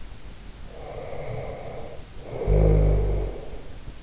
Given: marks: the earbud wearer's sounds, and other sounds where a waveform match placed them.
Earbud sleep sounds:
sounds in sleep by an in-ear microphone; snoring breath
0.64-3.76 s: snoring breath

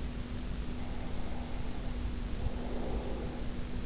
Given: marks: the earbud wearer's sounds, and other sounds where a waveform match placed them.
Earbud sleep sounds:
sounds in sleep by an in-ear microphone; breath
0.68-3.85 s: breath

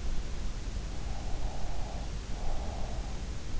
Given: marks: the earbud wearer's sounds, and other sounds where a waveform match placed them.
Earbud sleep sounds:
sounds in sleep by an in-ear microphone; breath
1.29-3.16 s: breath

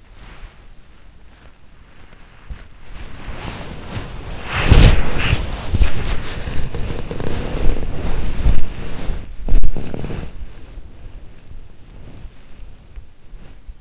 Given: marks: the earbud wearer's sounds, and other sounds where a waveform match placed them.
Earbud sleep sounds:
sounds in sleep by an in-ear microphone; body movement
0.00-13.81 s: body movement

